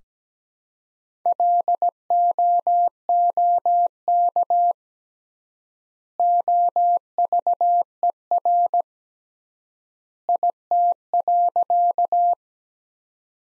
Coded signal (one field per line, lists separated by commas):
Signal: Morse code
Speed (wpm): 17 wpm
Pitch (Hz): 700 Hz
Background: none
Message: LOOK OVER IT.